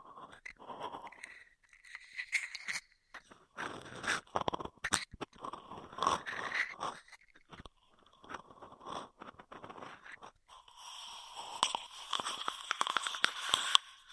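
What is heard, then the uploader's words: Close-up ear triggers with no talking: irregular bursts of crinkly, scratchy tapping and rustling that come and go in clusters with short quiet gaps. The last few seconds grow denser and brighter, with sharp clicks and crisp scraping sounds. Intense Ear Triggers (No Talking).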